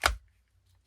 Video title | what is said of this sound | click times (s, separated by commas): New Knife Friday #bladefriday | Snaps right in, | 0.1 s